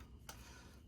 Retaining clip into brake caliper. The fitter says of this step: this little clip pops right in sometimes it falls out